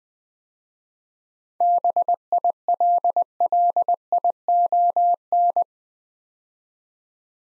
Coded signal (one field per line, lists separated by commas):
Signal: Morse code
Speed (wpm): 20 wpm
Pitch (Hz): 700 Hz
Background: none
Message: BILLION